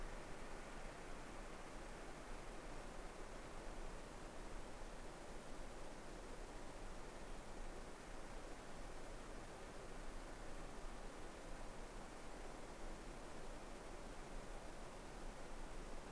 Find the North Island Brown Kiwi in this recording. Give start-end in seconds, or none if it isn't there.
none